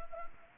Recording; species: mosquito wingbeat signal from an infrared sensor; Anopheles gambiae